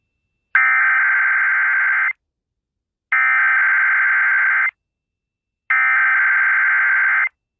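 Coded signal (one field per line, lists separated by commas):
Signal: Emergency Alert System (SAME) tones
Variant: header bursts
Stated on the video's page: Sunday morning weekly tests.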